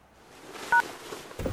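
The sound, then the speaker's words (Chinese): A short electronic mobile phone text-message alert: a brief bright two-tone beep rings out once over quiet background, followed by a low rumbling shuffle toward the end. “你说他什么意思啊？给我发短信，说什么对不起？”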